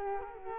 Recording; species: mosquito wingbeat signal from an infrared sensor; Culex quinquefasciatus